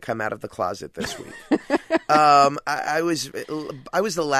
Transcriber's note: laughter